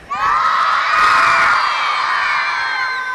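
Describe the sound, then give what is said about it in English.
A large crowd screams and cheers in a sustained, high-pitched roar that starts abruptly and holds steady at full volume for about three seconds, with shrill voices layered over one another. “Scream!”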